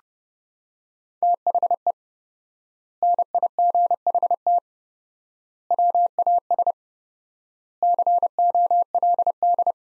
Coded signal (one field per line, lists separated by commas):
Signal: Morse code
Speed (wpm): 30 wpm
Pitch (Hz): 700 Hz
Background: none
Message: THE NIGHT WAS COLD